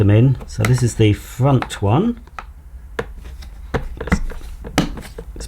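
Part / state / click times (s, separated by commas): plastic hose clip into the front of a portable carpet spot cleaner / seated / 4.8 s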